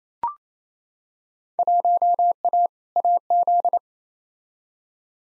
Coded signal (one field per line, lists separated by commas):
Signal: Morse code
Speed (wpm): 27 wpm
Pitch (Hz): 700 Hz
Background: none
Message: 1A AZ